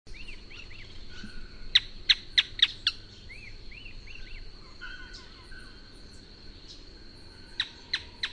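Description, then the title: Canebrake groundcreeper giving sharp, explosive call notes, a run of four near the middle and three more at the end, over a steady high whine and softer chirping notes. "LuckyPassaro Completos2Sama. Canebrake Groundcreeper (Clibanornis dendrocolaptoides)"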